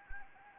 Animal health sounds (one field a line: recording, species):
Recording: mosquito wingbeat signal from an infrared sensor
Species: Anopheles gambiae